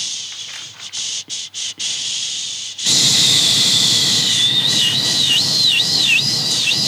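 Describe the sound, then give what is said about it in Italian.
Plastic bags rustle and crinkle with a bright, hissy texture as someone rummages through them in a cardboard box, first in short bursts with brief pauses, then a louder, continuous rustling with faint squeaky edges. No one speaks. “I sacchetti frusciano più o meno così.”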